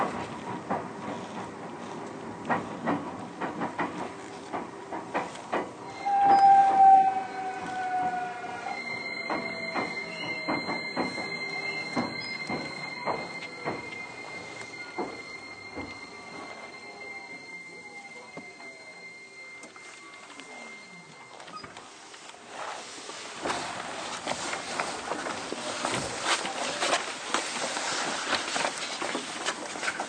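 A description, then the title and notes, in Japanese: A Keio 1000 series train running between Shibuya and Kichijoji, with rail clicks and rattles throughout. Near 6 seconds a loud burst and whining tones begin; a steady high whine holds until about 21 seconds while a motor tone slides downward, then rougher rushing noise follows. 京王1000系 渋谷〜吉祥寺。急行運用を録音しました。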